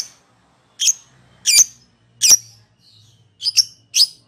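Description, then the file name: Lovebird making shrill, squeaky squawks about every two-thirds of a second, one of them doubled. Lovebird calling in the ngekek style, the local name for a song type. "suara burung lovebird ngekek"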